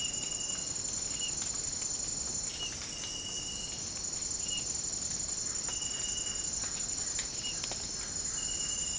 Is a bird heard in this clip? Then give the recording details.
no. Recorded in secondary vegetation near Puerto Asís, Putumayo, Colombia, on 19 March 2025 at 07:30. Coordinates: 0.502, -76.326. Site G100